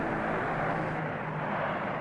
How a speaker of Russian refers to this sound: Аэропорт прибытия. Самолет идет на посадку.